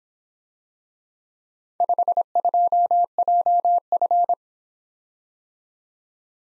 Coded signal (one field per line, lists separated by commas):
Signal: Morse code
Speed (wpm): 26 wpm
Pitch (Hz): 700 Hz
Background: none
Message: 52JF